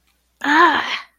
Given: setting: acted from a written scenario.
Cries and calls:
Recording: vocal sound without words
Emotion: pain

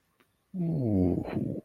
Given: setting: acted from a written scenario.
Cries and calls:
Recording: vocal sound without words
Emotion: awe

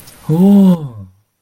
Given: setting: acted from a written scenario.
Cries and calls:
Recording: vocal sound without words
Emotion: interest

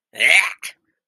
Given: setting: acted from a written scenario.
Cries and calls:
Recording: vocal sound without words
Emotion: disgust

